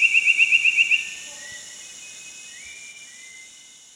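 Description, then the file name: Asian paradise flycatcher call: a rapid, even series of several buzzy notes lasting about one second, followed by faint quieter whistles and background hiss. Calls and song at Danum. "asianparadise-flycatchercalls songdanum 08"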